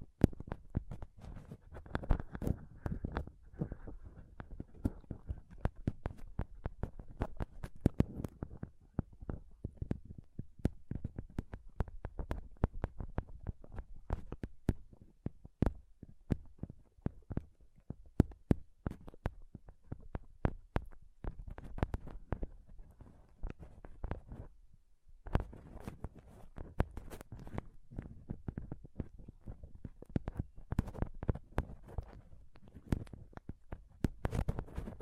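Scratching and tapping on a microphone, with dense, irregular bursts of thumps and crackles throughout. The handling noise is heavy and low, with sharp clicks reaching high. A faint steady tone sits under the first few seconds, and there's a brief pause near 25 seconds.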